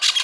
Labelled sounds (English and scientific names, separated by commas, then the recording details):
Brown-throated Parakeet (Eupsittula pertinax) contact call
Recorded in Venezuela
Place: Guárico; Corozopando; Fundo La Fe
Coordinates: 8.506, -67.593